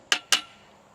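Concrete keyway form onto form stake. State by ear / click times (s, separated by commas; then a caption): seated / 0.1 s, 0.3 s. A plastic concrete keyway form is pressed down onto a form stake, where ridges on the stake grip it. Two sharp clicks sound at 0.1 s and 0.3 s, each ringing briefly before fading. The form locks onto the stake and is seated.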